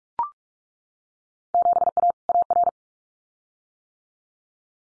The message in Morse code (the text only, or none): 7A AR